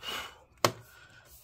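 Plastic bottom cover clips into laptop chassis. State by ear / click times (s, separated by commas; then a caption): seated / 0.6 s. Someone talks while the plastic bottom cover of an HP Pavilion Gaming Laptop 16-a0097nr is pressed down and inwards at an angle onto the laptop chassis. A single sharp, loud snap at about 0.7 s is its edge clips snapping into place, leaving the cover seated.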